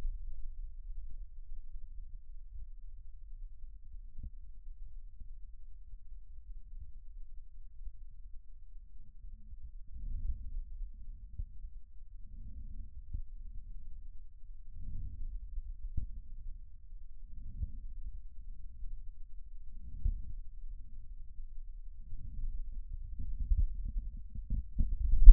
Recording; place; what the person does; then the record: lung sounds by stethoscope; right posterior basal chest; quiet breathing, then deep breathing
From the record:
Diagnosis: interstitial lung disease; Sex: female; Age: 70 years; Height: 160 cm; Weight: 93 kg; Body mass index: 36.3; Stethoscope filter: bell mode